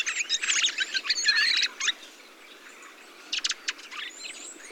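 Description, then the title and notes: Thrushes in a short burst of dense chattering calls that stops abruptly, followed by a quieter gap and a few sharp chirps. Large mixed flock of mistle thrushes, song thrushes, redwings, fieldfares and some blackbirds feeding on abundant berries, singing; blue sky; Montagne du Puy, Drôme; 22 November 2020; Nagra Seven, Telinga Pro7 parabola. "POT-POURRI DE GRIVES. 22 novembre 2020-Montagne du Puy - Drôme. Grives draine, musicienne, mauvis et litorne plus quelques merles"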